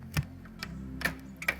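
A front grille piece, fitted with its front filter, is pressed into the front of a PC case, with a few light knocks as it is handled at about 0.2, 0.6 and 1.1 s. It then clicks into place with two sharp clicks at 1.4 and 1.5 s and is seated.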